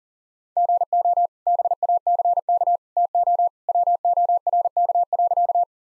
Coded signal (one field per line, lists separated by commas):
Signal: Morse code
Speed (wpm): 40 wpm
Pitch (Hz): 700 Hz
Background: none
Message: GO BACK TO WORK.